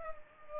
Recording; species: mosquito wingbeat signal from an infrared sensor; Culex pipiens